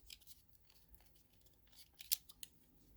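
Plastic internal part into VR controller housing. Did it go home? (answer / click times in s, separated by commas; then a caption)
no / none. A plastic internal part is shimmied and handled into the shell of an Oculus Rift S VR controller during reassembly for a joystick drift fix, giving soft plastic scraping and rustling with sharp ticks at about 0.1, 2.1 and 2.4 seconds. The part has not yet snapped into place; nothing has seated by the end of the clip.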